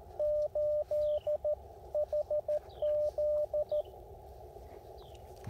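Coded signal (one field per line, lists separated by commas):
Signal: Morse code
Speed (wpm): 13 wpm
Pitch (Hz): 590 Hz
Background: radio noise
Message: 8 HZ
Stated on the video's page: Parks on the Air activation using an Icom IC-705 and CHA MPAS 2.0 antenna.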